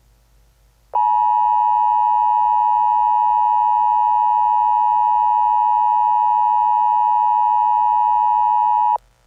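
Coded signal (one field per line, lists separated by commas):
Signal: Emergency Alert System (SAME) tones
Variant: 853 and 960 Hz attention tone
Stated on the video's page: A fictional EAS scenario alert, not a real one.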